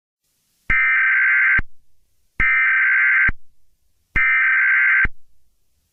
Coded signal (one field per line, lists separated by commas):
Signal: Emergency Alert System (SAME) tones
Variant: header bursts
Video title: SCP-173 incident-5-eas-tape